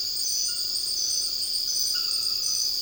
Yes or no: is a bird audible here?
no